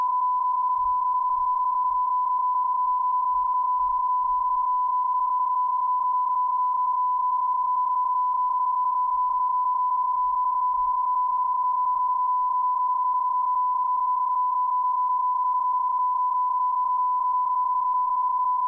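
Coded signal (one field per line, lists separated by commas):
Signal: PSK31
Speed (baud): 31.25 baud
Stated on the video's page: Test signals in RTTY, BPSK31 and Olivia digital modes.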